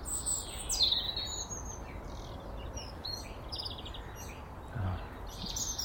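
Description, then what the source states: Dunnock song, high thin warbling phrases over a constant low rumble. Singing outdoors during a morning walk; the song is described as sharp.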